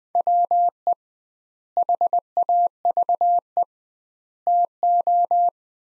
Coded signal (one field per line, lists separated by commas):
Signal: Morse code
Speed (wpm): 20 wpm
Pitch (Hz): 700 Hz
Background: none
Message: WE HAVE TO